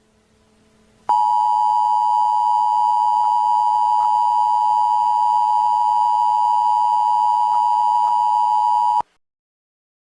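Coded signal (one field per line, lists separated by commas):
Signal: Emergency Alert System (SAME) tones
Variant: 853 and 960 Hz attention tone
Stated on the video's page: Fictional EAS scenario.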